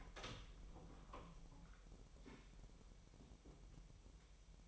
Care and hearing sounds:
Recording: daily activity, microphone in the room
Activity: open door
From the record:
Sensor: 1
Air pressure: 1001.2 hPa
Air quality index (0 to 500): 248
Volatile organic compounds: 144 ppm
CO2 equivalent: 3996 ppm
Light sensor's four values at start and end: 12/28/12/13 and 12/29/12/13

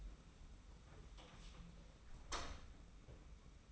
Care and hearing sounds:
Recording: daily activity, microphone in the room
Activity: close door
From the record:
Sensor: 1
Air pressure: 991.6 hPa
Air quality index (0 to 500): 129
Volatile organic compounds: 367 ppm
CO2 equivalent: 4615 ppm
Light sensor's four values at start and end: 33/108/42/43 and 33/108/42/43

